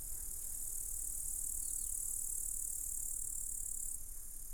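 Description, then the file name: Grasshopper: continuous high, sizzling insect buzz from grasshoppers that shifts slightly near the end, over a low background rumble and a couple of faint chirps. Several grasshoppers recorded at Sergiyev Posad, Russia, in 2007. "grasshoppers-sergiyevposad-200709"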